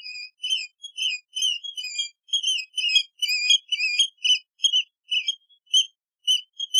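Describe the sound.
Seabird calling in a rapid series of high, whistled chirps, with no other sounds behind.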